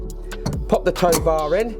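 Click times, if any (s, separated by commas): none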